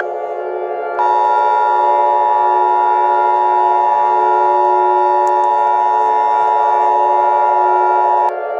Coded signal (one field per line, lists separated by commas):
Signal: Emergency Alert System (SAME) tones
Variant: 853 and 960 Hz attention tone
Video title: EAS Scenario #98: No Way Out